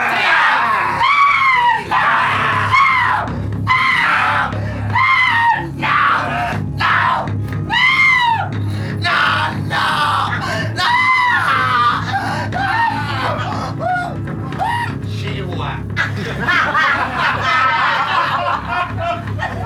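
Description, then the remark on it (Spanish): A woman screams again and again in shrill, wavering cries that rise and fall in pitch, loud and nearly unbroken, over a steady low hum. “¡Cállate! ¡Cállate! Tus gritos son inútiles.”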